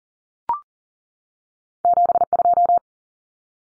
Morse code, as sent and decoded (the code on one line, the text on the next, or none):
--... ..---
72